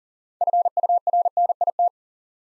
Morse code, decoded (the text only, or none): FURNIT